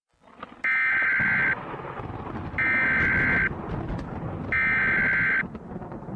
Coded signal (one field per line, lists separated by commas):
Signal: Emergency Alert System (SAME) tones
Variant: header bursts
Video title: Shreveport Tornado Disaster: An EAS Mock